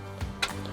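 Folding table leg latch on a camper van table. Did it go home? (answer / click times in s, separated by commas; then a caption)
released / 0.4 s. A latch under a pull-out table in a Ram Promaster camper van conversion is worked to release the table's folding leg. A short, sharp click at 0.4 s marks the latch releasing the leg, with softer taps around it over a low steady hum.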